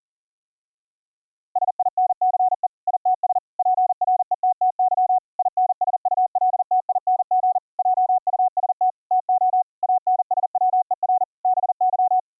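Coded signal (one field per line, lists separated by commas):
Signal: Morse code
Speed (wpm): 40 wpm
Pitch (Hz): 740 Hz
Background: none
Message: SINCE ITS PRETTY INSULTING JUST TO ANSWER BY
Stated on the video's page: Morse audio played by logging software, routed through virtual audio cables with a resampling script to fix dropped audio buffers.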